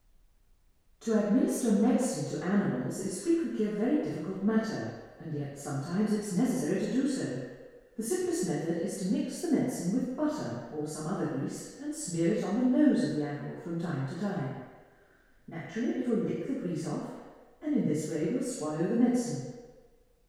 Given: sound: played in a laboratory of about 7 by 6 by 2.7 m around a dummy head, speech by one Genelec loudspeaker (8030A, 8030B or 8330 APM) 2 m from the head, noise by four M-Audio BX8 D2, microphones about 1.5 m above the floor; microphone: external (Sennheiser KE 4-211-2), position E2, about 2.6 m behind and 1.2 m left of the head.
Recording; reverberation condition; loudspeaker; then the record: female speech in English; high; 120 degrees to the left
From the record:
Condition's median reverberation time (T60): about 1300 ms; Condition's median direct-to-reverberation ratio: about -4.0 dB